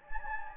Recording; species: mosquito wingbeat signal from an infrared sensor; Anopheles gambiae